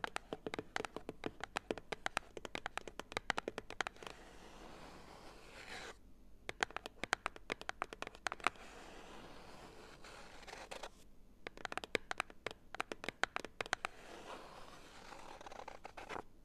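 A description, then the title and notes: Fingers tap rapidly on cardboard, producing dense bursts of sharp, dry clicks. The tapping comes in clusters from about 0–6, 6.5–8.5, 11–14 and 15–16 seconds, separated by brief quieter pauses, over a faint low hum. ASMR Cardboard Taps! (No Talking).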